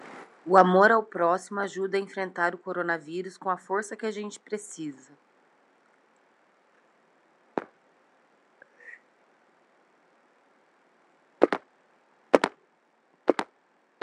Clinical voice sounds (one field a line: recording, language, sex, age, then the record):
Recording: spoken sentence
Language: Brazilian Portuguese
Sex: female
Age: 30 to 39 years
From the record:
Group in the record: control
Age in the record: 32 years